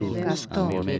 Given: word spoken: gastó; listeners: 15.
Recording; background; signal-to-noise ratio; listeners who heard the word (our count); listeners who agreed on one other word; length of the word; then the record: one Spanish word in noise, from a listening test; four-talker babble; -1.0 dB; 2 of 15; 6 of 15; 0.60 s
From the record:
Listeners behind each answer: 6, 2, 1, 1, 1, 1, 1, 1, 1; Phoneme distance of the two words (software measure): 20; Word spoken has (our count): 2 syllables, 5 phonemes, stress on syllable 2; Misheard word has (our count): 2 syllables, 5 phonemes, stress on syllable 2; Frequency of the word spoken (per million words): 2.64